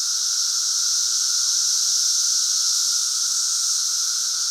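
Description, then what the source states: Periodical cicadas droning together, an even sheet of high hissing sound layered over a steady low hum, without pause. Central Illinois; 2024 cicada super bloom.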